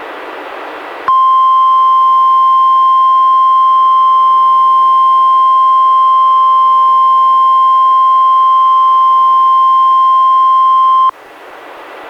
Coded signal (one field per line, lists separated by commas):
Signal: Emergency Alert System (SAME) tones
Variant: 1050 Hz attention tone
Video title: EAS #77-79: 3 NWR Required Weekly Tests- Sep. 30-Oct. 14, 2015